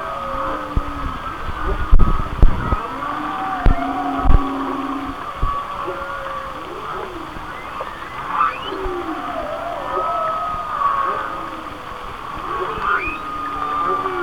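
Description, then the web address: Whale song opening with low knocks and thumps, then mid-pitched moans, falling glides and short high squeals in loose sequence. "Natures Songs Whale Songs Whale Songs"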